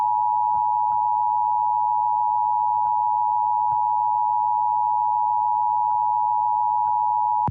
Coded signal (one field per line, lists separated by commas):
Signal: Emergency Alert System (SAME) tones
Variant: 853 and 960 Hz attention tone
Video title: Santa Barbara County Required Monthly Test (EAS #520-525) 11/3/21